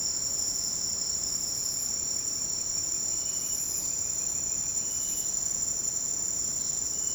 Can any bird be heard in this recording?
yes